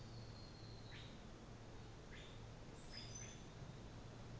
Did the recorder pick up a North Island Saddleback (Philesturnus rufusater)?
no